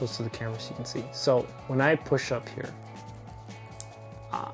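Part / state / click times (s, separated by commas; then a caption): action figure limb joint in its socket / seated / 3.8 s. Someone talks while pushing up on a plastic ratchet-style joint of an action figure, the limb joint in its socket held close to the camera. At 3.8 s the joint snaps into its next detent with a single sharp click, seating it in place, followed by a couple of faint ticks as the talking resumes.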